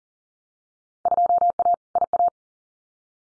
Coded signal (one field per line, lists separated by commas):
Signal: Morse code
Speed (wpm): 42 wpm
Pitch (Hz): 700 Hz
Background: none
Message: 2A IA